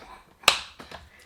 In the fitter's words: you'll hear that click